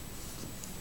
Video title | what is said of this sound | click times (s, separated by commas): LG305C Demonstration and How To Use | put it in here where goes line up and it just snaps in place | 0.6 s